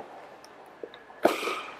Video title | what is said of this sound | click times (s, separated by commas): JBH FDB01 folding mobility scooter,remote controlled. (Starting from carton opening) | until we hear the click sounds the scooter is fully unfolded right now | 1.3 s